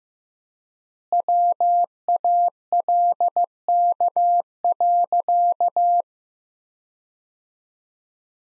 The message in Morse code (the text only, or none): WALK.